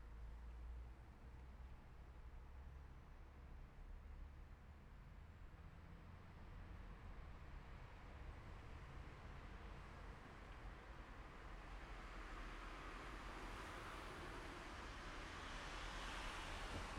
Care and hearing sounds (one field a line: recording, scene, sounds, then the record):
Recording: everyday scene through a hearing-aid microphone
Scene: in traffic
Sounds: traffic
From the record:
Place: city secondary road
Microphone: behind the ear, left, rear